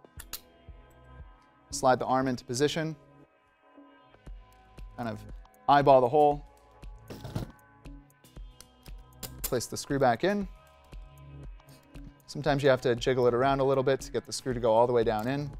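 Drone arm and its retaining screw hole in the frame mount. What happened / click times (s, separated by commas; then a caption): The arm was positioned and lined up, with no seating click / none. A 3D Robotics X8-M drone arm is slid into position in its frame mount and its retaining screw hole is eyeballed to line it up before the screw goes back in. Someone talks over music, with only small handling noises between the words. Nothing has seated or clicked yet.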